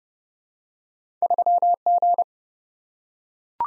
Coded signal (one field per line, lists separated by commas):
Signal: Morse code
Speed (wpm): 30 wpm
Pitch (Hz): 700 Hz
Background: none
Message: 3G